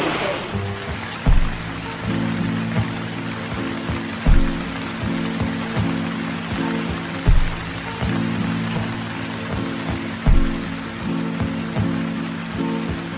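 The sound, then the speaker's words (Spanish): Steady, dense hiss of rain falling after a very hot day fills the whole stretch, layered over a low sustained hum, with a soft thump recurring roughly every three seconds. No one speaks. “Acá empezó la lluvia”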